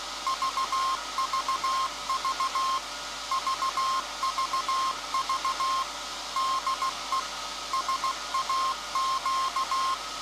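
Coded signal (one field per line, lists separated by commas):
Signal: Morse code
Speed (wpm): 16 wpm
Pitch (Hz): 1060 Hz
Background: none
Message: VVV VVV DE SAQ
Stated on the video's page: Morse transmitted live on 17.2 kHz by a 1924 Alexanderson alternator at Grimeton Radio Station for World Radio Day.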